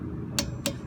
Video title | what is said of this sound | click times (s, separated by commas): Chevy Volt How to Replace Rear Rotor and Brake Pads | there's a click and for | 0.4 s